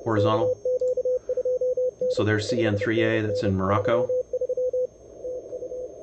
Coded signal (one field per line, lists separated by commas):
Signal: Morse code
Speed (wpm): 30 wpm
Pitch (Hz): 500 Hz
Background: speech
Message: KQ2N 5NN 33 TU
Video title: Live CQ World Wide CW DX 2019 NG7M Search & Pounce Station Automation Demo w/N1MM Logger